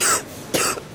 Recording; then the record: coughing mixed with background sound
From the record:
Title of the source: 34 coughing up crap again